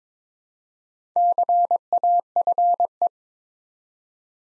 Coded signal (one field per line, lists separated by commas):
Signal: Morse code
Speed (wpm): 22 wpm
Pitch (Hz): 700 Hz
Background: none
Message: CAFE